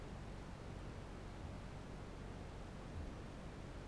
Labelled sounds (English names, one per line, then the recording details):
Kākāpō boom
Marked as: faintness 5/5
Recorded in New Zealand
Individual Barnard